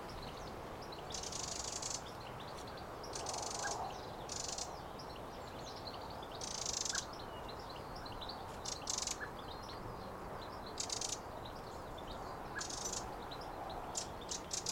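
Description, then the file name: Eurasian wren rattling calls, harsh churring bursts of varied length repeated irregularly over a hissy background. "Troglodytes troglodytes"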